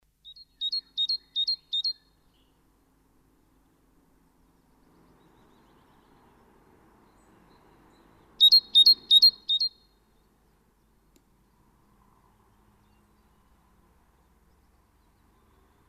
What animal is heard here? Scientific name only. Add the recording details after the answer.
Parus major. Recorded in the wild. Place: Kaiserslautern, Rheinland-Pfalz, DE. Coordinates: 49.4247, 7.77889. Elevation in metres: 279. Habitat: garden. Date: 1982-04-02. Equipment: Nagra IV. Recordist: Tretzel, Erwin. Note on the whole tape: Garten, Kaiserslautern: Gesang